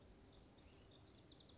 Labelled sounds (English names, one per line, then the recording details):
House Wren
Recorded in Sonoma County, California